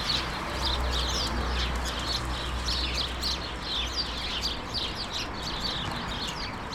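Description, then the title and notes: Chorus of sparrows, many short chirps tumbling over one another continuously, over a low droning background. Countless sparrows gathered in a hedge, attracted by birdseed balls hung by residents; Urbanstraße, January 17, 2009. "urbanstraße: spatzen in einer hecke - the city, the country & me: sparrows in a hedge. unzählige spatzen, angelockt von meisenknödeln, die von anwohnern in einer hecke angebracht wurden countless sparrows attracted by birdseed balls in a hedge the city, the country & me: january 17, 2009"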